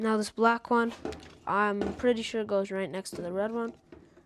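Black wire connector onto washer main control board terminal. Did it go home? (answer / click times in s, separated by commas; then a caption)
no / none. A black wire connector is being handled next to the red one on a new main control board for a Maytag washer, model MVW4505MW0, board W11626074. Someone talks throughout, with no distinct click. Nothing has seated or clicked yet.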